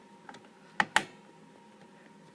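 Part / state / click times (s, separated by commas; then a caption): RAM module into motherboard DIMM slot / seated / 0.8 s, 1.0 s. A RAM module is pressed down firmly with two fingers on each side into a DIMM slot on the motherboard of a Dell Optiplex 960. After a faint tap at 0.3 s, the slot's retention clips give two sharp clicks at 0.8 s and 1.0 s, and the module is seated.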